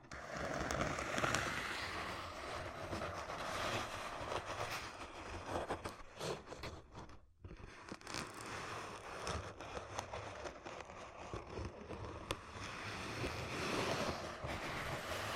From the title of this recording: Ear Cupping Triggers